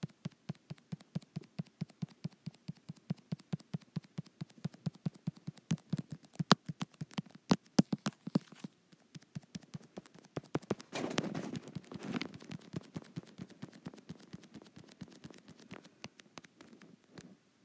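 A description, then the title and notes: Fingers tap and tick on a touch screen in quick, irregular bursts of sharp, dry clicks, some louder than others, often clustering into fast runs. Around eleven to thirteen seconds a soft rubbing swish joins the taps, then quieter scattered ticks continue to the end. ASMR Touch Screen.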